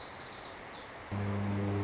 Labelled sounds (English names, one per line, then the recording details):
Lazuli Bunting
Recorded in Sonoma County, California